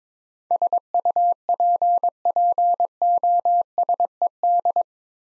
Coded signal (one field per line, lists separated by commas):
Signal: Morse code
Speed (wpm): 22 wpm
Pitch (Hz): 700 Hz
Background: none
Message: SUPPOSED